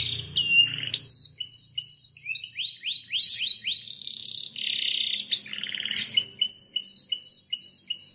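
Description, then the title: Plain prinia song: a varied sequence of rising whistled slurs, buzzy bursts and evenly repeated high chips, with a faint low hum early on. "Ciblek Sawah"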